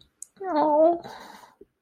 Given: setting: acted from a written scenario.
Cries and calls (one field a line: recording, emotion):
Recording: vocal sound without words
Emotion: shame